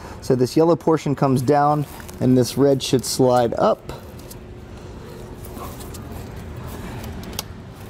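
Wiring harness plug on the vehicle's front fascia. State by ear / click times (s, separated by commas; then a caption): released / 7.4 s. Someone talks for the first four seconds while working on a wiring plug behind the front fascia on the driver's side of a 2021 Jeep Cherokee, during a Blue Ox base plate kit installation. The yellow lock tab is pushed down and the red retainer slid up, with faint handling sounds around 4.3 s and 7.2 s. A sharp click at 7.4 s unlocks the connector so it can slide up and off.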